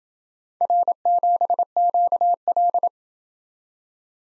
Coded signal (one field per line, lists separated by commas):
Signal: Morse code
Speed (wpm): 26 wpm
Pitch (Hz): 700 Hz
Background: none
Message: R7QL